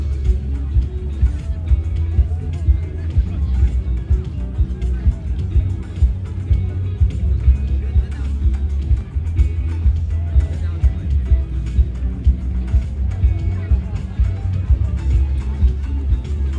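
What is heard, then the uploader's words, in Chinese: A live recording from a music festival, dominated by a heavy, steady bass that throbs continuously for the full length. Above it, a dense wash of voices and crowd chatter runs without pause, with faint, regular ticks of higher percussion coming through. 錄音來自2020年漂遊者音樂祭現場收音，是真的噪音，但能讓你真實感受音樂祭的躁動與歡樂。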